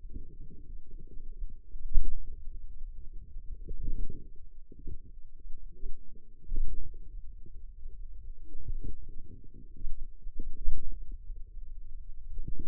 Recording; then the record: forearm muscle sounds (acoustic myography)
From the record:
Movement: pen grasping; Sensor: system 2, bracelet of six BSWA MPA416 microphones around the upper forearm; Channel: 5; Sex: female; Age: 21 years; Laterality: right